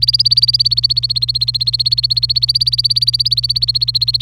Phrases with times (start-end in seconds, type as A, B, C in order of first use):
0.00-4.22 A